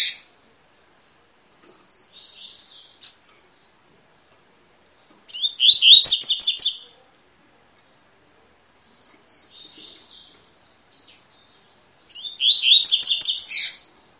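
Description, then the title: Double-collared seedeater song: soft high twittering notes, then loud buzzy rapid phrases of repeated slurred notes around six and thirteen seconds, with quiet gaps between. Tui-tui song style, fibra bird; teaching song (professor) used to tutor young birds. "COLEIRO TUI TUI FIBRA CANTO PROFESSOR"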